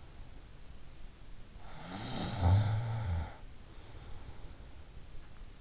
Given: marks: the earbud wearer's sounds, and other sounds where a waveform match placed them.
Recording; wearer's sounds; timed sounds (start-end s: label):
sounds in sleep by an in-ear microphone; snoring breath
1.62-4.64 s: snoring breath